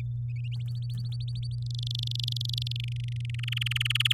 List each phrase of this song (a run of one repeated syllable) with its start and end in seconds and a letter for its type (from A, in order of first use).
0.67-1.55 A, 1.62-2.72 B, 2.75-3.35 C, 3.39-4.13 D